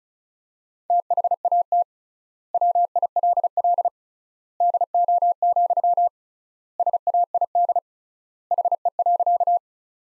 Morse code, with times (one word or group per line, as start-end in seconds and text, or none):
0.9-1.8 THAT
2.5-3.9 WILL
4.6-6.1 DO,
6.8-7.8 SAID
8.5-9.6 HE.